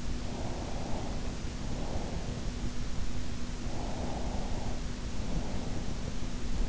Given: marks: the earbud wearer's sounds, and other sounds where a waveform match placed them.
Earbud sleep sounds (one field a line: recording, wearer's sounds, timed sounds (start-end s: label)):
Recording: sounds in sleep by an in-ear microphone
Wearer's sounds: breath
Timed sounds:
0.26-2.36 s: breath
3.59-5.74 s: breath